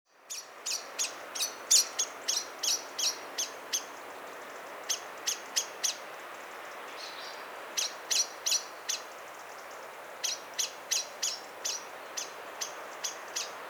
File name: Turdus merula